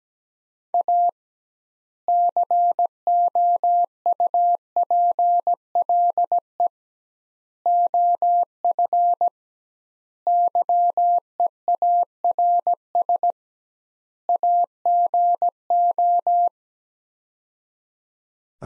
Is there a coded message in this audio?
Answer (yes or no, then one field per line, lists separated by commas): yes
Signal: Morse code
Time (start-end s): 0.7-16.5 s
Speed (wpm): 17 wpm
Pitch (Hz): 700 Hz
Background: none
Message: A COUPLE OF YEARS AGO